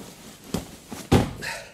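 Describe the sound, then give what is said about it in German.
A door opens: a couple of sharp latch clicks, then a heavier thump as it swings, followed by a short rattling scrape. No voices are heard. “Ich mache auf.”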